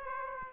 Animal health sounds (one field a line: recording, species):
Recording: mosquito wingbeat signal from an infrared sensor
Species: Aedes aegypti